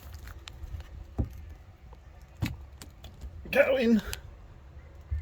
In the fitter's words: normally you just click it in yeah so it's a two clicks you'll feel